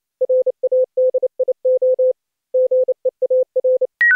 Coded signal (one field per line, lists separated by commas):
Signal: Morse code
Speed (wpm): 28 wpm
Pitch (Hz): 510 Hz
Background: none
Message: RADIO GEAR